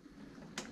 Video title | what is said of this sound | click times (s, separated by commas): Giraffe Tools Grand Falls 2in1 Pressure Washer REVIEW (Model: P106-G30) NNKH | if you want to stop you have to pull till you hear a click and | 0.6 s